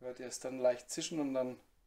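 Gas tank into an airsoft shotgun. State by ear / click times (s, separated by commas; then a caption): not seated / none. A gas tank is being handled for insertion into an S&T M870 gas airsoft shotgun, flat side up, to be pushed in with a firm shove. Only someone talking is heard. Nothing has seated or clicked yet.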